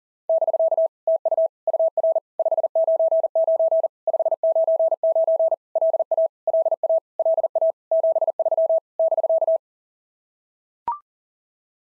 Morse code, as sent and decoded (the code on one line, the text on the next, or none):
-...-.- / - ..- / ..- .-. / ..... ----. ----. / ..... ----. ----. / .-.. .- / .-.. .- / .-.. .- / --... ...-- / -...-.-
<BK> TU UR 599 599 LA LA LA 73 <BK>